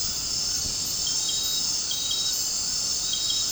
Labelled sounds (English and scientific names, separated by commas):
none